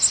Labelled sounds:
Bay-breasted Warbler (Setophaga castanea) flight call

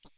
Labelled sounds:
Hooded Warbler (Setophaga citrina) flight call

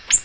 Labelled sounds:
Ovenbird (Seiurus aurocapilla) flight call

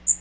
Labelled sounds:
Magnolia Warbler (Setophaga magnolia) flight call

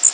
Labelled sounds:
Blackpoll Warbler (Setophaga striata) flight call

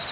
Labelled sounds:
Bay-breasted Warbler (Setophaga castanea) flight call

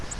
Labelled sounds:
Virginia's Warbler (Leiothlypis virginiae) flight call

